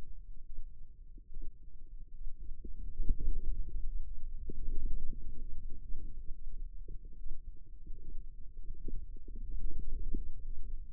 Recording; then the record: forearm muscle sounds (acoustic myography)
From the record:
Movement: radial deviation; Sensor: system 2, bracelet of six BSWA MPA416 microphones around the upper forearm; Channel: 2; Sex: female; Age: 25 years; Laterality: right